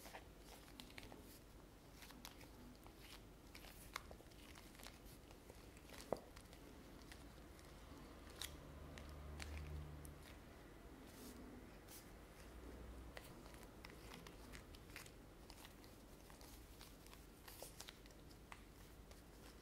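Long nails tap and scratch on objects in sharp, irregular clicks, with a steady low rumble and a brief hum near ten seconds.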